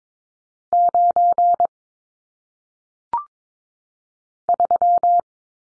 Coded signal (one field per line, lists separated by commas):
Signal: Morse code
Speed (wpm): 22 wpm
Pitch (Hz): 700 Hz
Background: none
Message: 9 3